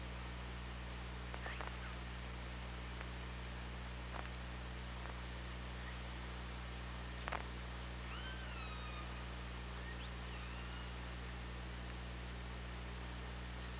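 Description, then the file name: Orca calls underwater: scattered sharp clicks, then rising and falling tonal calls with stacked harmonics from around the eighth second on, over a steady low hum. Recorded underwater on the OrcaLab hydrophone, 24 August 2017 at 16:11. "Orca Lab 20170824 161152"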